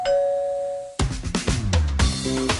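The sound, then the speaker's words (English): A bright electronic chime from a Ring Video Doorbell rings with a single steady, held tone for about a second, then cuts off abruptly into a louder, busier burst of mixed sound. “You do not have to have that worry with the Ring Video Doorbell.”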